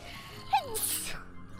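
A single sneeze: a brief high, squeaky voiced intake that slides downward, then a sharp hissing burst lasting under half a second before quiet returns. An ordinary, isolated sneeze with faint background hum.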